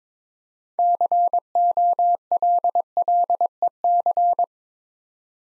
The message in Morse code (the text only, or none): COLLEC